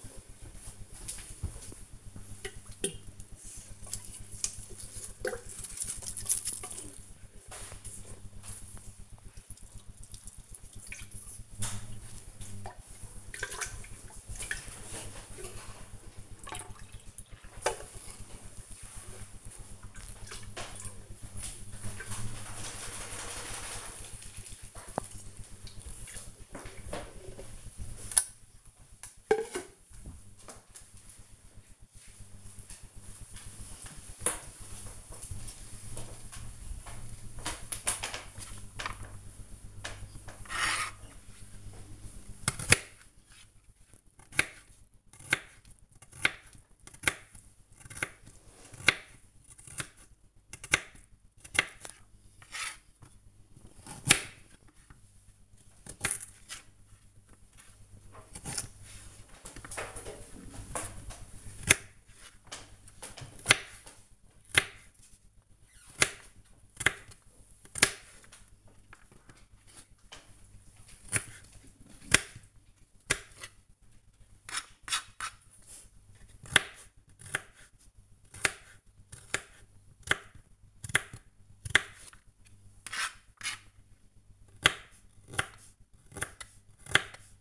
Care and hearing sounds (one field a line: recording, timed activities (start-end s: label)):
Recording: household activities, microphone on the right wrist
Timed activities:
0.00-26.57 s: watering plant
39.68-87.41 s: cutting vegetables